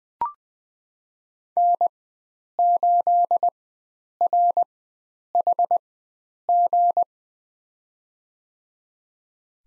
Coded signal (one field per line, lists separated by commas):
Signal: Morse code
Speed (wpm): 21 wpm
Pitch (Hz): 700 Hz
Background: none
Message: N8RHG